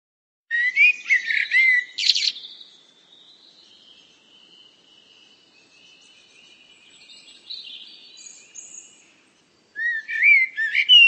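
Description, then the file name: Canary song with quick warbled notes and a sharp burst, a long soft stretch, then another burst of twittering phrases. "Canary bird"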